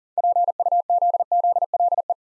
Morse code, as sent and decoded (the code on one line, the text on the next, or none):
.--. ..- --.. --.. .-.. .
PUZZLE